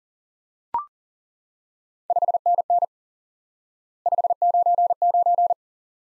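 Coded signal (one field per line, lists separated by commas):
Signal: Morse code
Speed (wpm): 40 wpm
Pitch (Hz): 700 Hz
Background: none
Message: 5NN 599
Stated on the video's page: Morse lesson teaching the QSO element 5NN by instant word recognition; speed is fast.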